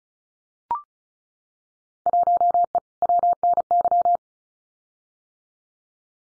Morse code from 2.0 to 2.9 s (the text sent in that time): 1E